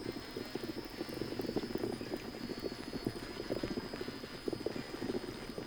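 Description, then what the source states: Toad calls, a dense bubbling chorus of low croaks overlapping without pause, with a faint steady high hum in the background. Recorded on 21 October 2005.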